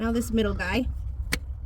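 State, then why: Seated. A middle fuel line quick-connect fitting is pushed onto a fuel filter housing while someone talks. A sharp click is heard at 1.3 s as the connector seats home.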